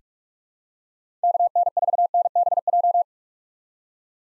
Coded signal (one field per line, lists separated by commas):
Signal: Morse code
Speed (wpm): 43 wpm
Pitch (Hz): 700 Hz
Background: none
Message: KN4NBJ